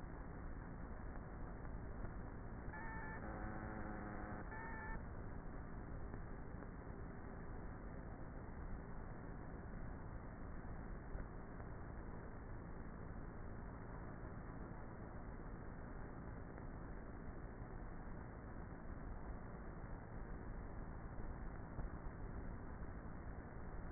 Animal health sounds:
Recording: honeybee colony, microphone inside the hive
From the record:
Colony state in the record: queenless with a low population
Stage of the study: before two queens were removed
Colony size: about 30,000 bees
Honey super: no

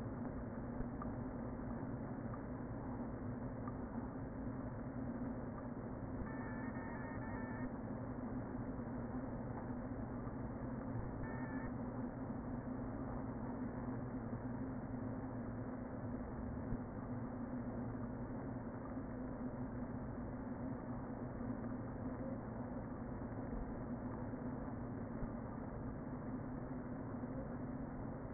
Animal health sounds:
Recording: honeybee colony, microphone inside the hive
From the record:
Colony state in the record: queen present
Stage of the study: before two queens were removed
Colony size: about 60,000 bees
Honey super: yes

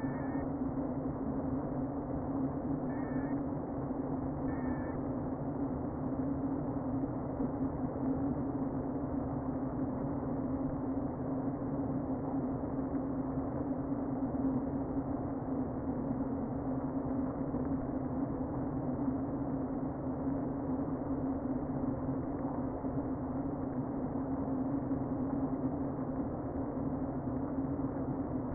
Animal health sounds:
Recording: honeybee colony, microphone inside the hive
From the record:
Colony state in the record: queen present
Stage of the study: before two queens were removed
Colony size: about 60,000 bees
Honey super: yes

